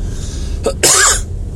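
A single adult male cough in two parts: a brief catch, then a louder, harsh burst lasting under half a second. It is an ordinary isolated cough, heard over a steady low background hum.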